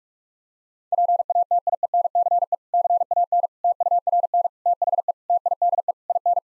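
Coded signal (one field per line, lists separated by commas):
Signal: Morse code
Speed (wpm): 46 wpm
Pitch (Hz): 700 Hz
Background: none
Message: PATIENCE CAN TURN THE TIDE IN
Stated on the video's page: Morse practice set of difficult sentences with contextual hints, sent at 45 wpm.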